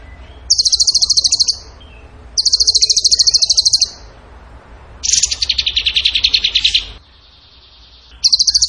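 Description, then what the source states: Bird song: a series of rapid high trills in bursts, one dropping slightly in pitch, with short quiet gaps between them. Masteran training recording; tembakan gacor song style.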